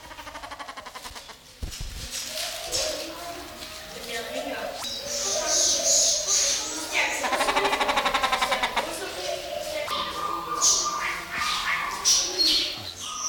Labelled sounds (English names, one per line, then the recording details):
Grey Peacock-Pheasant call
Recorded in captivity
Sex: male
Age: adult
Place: Zoo Berlin, Berlin, DE
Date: 1994-01-08
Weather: wolkig bis sonnig, 6 °C
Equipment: Marantz CP 430, Sennheiser MKH 416 T, Kopie Uher Variocord 263
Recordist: Tembrock, Günter